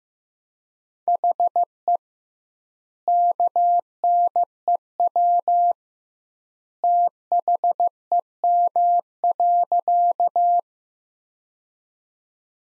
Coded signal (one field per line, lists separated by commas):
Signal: Morse code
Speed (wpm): 15 wpm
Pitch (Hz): 700 Hz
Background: none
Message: HE KNEW THEM.